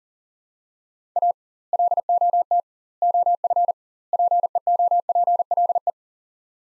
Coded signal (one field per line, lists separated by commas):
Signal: Morse code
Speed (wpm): 40 wpm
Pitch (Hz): 700 Hz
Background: none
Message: A LOT OF PEOPLE